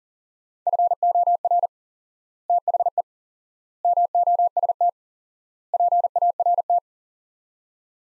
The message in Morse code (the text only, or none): FOR THE MOST PART